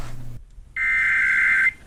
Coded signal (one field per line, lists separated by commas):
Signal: Emergency Alert System (SAME) tones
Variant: header bursts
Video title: EAS #281- Required Monthly Test on WSB FM (not the 750 WSB)